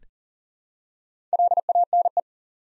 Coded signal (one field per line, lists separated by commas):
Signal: Morse code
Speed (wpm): 42 wpm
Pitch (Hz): 700 Hz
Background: none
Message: LANE